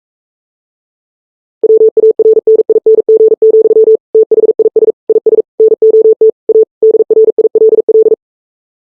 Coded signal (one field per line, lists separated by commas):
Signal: Morse code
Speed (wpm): 44 wpm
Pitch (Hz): 440 Hz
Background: none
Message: WARNING, THIS IS NOT A DRILL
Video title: Blizzard EAS, January, 12 2023 at 3:40 PM